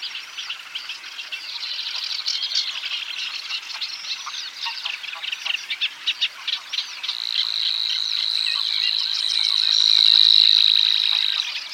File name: Vassångare